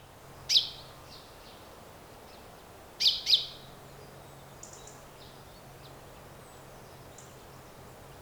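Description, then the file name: Common chaffinch calls: sharp, high, clipped notes, one single, then a quick pair near three seconds, another near the end, with faint softer chirps and a low hum. "Fringilla coelebs"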